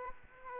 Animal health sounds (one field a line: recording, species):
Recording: mosquito wingbeat signal from an infrared sensor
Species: Aedes aegypti